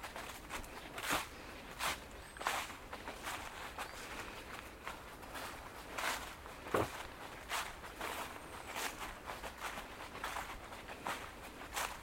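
Footsteps during an amble through Woodwell in Silverdale, each step a short crunch arriving roughly every half to one second, some louder than others. Beneath them runs a steady, soft outdoor hiss, with a faint high bird call near the start and again around eight seconds.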